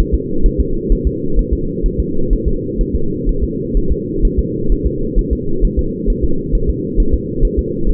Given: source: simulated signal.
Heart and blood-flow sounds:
fetal heart sounds
0.14 s: S2
0.46 s: S1
0.61 s: S2
0.92 s: S1
1.07 s: S2
1.39 s: S1
1.53 s: S2
1.86 s: S1
2.00 s: S2
2.33 s: S1
2.48 s: S2
2.81 s: S1
2.95 s: S2
3.29 s: S1
3.44 s: S2
3.77 s: S1
3.92 s: S2
4.25 s: S1
4.39 s: S2
4.72 s: S1
4.87 s: S2
5.19 s: S1
5.33 s: S2
5.64 s: S1
5.79 s: S2
6.10 s: S1
6.24 s: S2
6.55 s: S1
6.69 s: S2
7.00 s: S1
7.14 s: S2
7.45 s: S1
7.59 s: S2
7.89 s: S1
From the record:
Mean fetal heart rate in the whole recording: 130 bpm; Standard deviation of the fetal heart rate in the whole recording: 2 bpm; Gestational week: 38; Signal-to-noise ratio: -8.1 dB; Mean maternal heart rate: 72 bpm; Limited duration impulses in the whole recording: absent

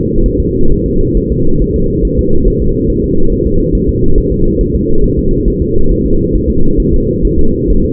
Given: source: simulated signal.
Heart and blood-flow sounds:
fetal heart sounds
0.26 s: S1
0.40 s: S2
0.72 s: S1
0.86 s: S2
1.17 s: S1
1.32 s: S2
1.61 s: S1
1.76 s: S2
2.05 s: S1
2.19 s: S2
2.47 s: S1
2.62 s: S2
2.90 s: S1
3.04 s: S2
3.32 s: S1
3.47 s: S2
3.75 s: S1
3.89 s: S2
4.18 s: S1
4.32 s: S2
4.61 s: S1
4.75 s: S2
5.04 s: S1
5.19 s: S2
5.48 s: S1
5.62 s: S2
5.91 s: S1
6.06 s: S2
6.35 s: S1
6.50 s: S2
6.80 s: S1
6.94 s: S2
7.25 s: S1
7.39 s: S2
7.70 s: S1
7.85 s: S2
From the record:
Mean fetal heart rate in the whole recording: 135 bpm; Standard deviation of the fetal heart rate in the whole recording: 3 bpm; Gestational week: 36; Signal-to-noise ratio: -19.1 dB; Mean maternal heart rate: 72 bpm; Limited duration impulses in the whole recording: present

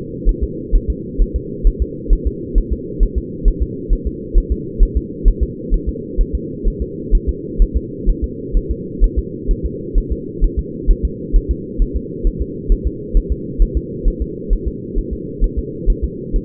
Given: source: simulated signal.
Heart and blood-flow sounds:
fetal heart sounds
0.29 s: S1
0.43 s: S2
0.75 s: S1
0.90 s: S2
1.22 s: S1
1.36 s: S2
1.67 s: S1
1.82 s: S2
2.13 s: S1
2.27 s: S2
2.58 s: S1
2.73 s: S2
3.03 s: S1
3.18 s: S2
3.48 s: S1
3.62 s: S2
3.93 s: S1
4.07 s: S2
4.38 s: S1
4.52 s: S2
4.83 s: S1
4.97 s: S2
5.28 s: S1
5.43 s: S2
5.74 s: S1
5.89 s: S2
6.21 s: S1
6.35 s: S2
6.68 s: S1
6.82 s: S2
7.15 s: S1
7.29 s: S2
7.62 s: S1
7.77 s: S2
8.09 s: S1
8.24 s: S2
8.57 s: S1
8.71 s: S2
9.04 s: S1
9.19 s: S2
9.51 s: S1
9.66 s: S2
9.98 s: S1
10.12 s: S2
10.44 s: S1
10.59 s: S2
10.91 s: S1
11.05 s: S2
11.36 s: S1
11.51 s: S2
11.82 s: S1
11.96 s: S2
12.27 s: S1
12.42 s: S2
12.72 s: S1
12.87 s: S2
13.17 s: S1
13.32 s: S2
13.62 s: S1
13.77 s: S2
14.08 s: S1
14.22 s: S2
14.53 s: S1
14.68 s: S2
14.98 s: S1
15.13 s: S2
15.44 s: S1
15.59 s: S2
15.90 s: S1
16.04 s: S2
16.36 s: S1
From the record:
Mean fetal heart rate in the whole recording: 130 bpm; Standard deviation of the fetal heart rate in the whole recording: 2 bpm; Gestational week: 38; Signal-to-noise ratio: -4.1 dB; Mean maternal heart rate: no maternal heart sound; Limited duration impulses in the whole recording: absent

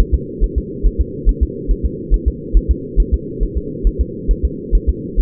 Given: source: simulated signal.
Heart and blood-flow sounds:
fetal heart sounds
0.00 s: S1
0.14 s: S2
0.44 s: S1
0.58 s: S2
0.86 s: S1
1.01 s: S2
1.29 s: S1
1.43 s: S2
1.71 s: S1
1.85 s: S2
2.14 s: S1
2.28 s: S2
2.57 s: S1
2.71 s: S2
3.00 s: S1
3.14 s: S2
3.43 s: S1
3.57 s: S2
3.87 s: S1
4.01 s: S2
4.31 s: S1
4.45 s: S2
4.75 s: S1
4.89 s: S2
5.20 s: S1
From the record:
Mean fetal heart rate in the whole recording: 135 bpm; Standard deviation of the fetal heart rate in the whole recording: 3 bpm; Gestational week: 36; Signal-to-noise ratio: -4.1 dB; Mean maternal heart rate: no maternal heart sound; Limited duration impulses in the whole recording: absent

